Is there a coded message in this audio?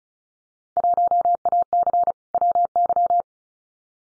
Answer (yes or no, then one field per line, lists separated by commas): yes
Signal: Morse code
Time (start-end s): 0.8-3.2 s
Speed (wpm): 34 wpm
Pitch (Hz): 700 Hz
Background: none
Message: 1AC WY